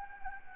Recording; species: mosquito wingbeat signal from an infrared sensor; Anopheles gambiae